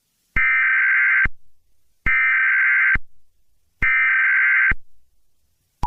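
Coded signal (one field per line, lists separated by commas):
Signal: Emergency Alert System (SAME) tones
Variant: header bursts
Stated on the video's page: Fictional EAS scenario with valid tones.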